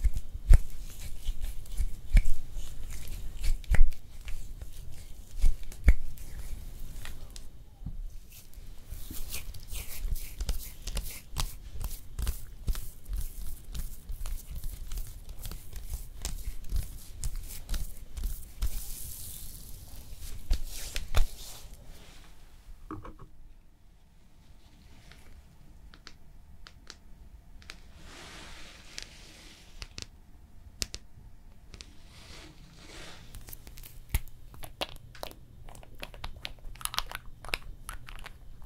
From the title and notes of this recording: ASMR Relaxing Hand Massage, Nail Care & Art No Talking (Layered Sounds).